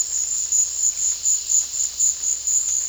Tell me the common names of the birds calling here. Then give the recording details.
none. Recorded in dense forest near Puerto Asís, Putumayo, Colombia, on 18 February 2024 at 14:00. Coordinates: 0.485, -76.325. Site G6429